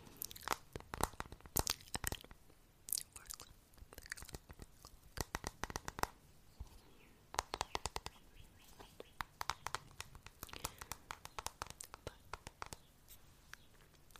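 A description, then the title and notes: Soft mouth sounds and tapping come in quick clusters of sharp clicks, with denser bursts around the first two seconds, near six, and from seven to thirteen seconds. Between the clusters a faint hushed rustle remains, and the clicks vary in spacing and strength. There are quite a bit of mouth sounds, and I also added in random triggers I’ve been wanting to try out.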